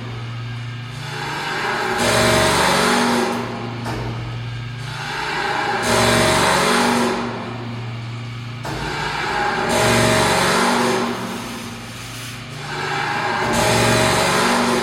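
Electric engines hum in steady low tones while bright, rushing surges swell and fade every couple of seconds, like passing vehicles revving.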